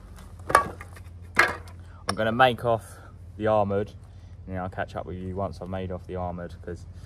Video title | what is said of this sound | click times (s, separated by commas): Day in the life of an electrician - Vlog Ep 3 Fusebox install | is the lid it's gone there once you click that on there that lid guide there | 0.6 s, 1.4 s